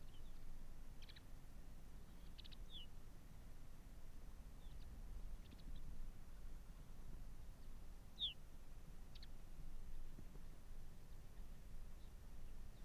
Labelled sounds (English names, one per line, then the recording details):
Arctic Fox
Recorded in the wild
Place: Insel Mednyi, Kommandeur-Inseln, RU
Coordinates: 54.5167, 168.083
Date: 1999-07-23 18:46
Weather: 8°C, bedeckt, Nebel, leichter Südwestwind
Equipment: Sony WM-D6C, Sennheiser ME 80, K 30 AV, Windkorb, Kopie Tascam DA 30
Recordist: Jakupi, Antje
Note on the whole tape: Südosten der Insel, Bambusstange: Bellstrophen aus Richtung Hüttental. Zuvor eine ohne Aufzeichnung. Tier ist nicht zu sehen. Bellstrophe kommt offensichtlich vom Weg Richtung Weggabelung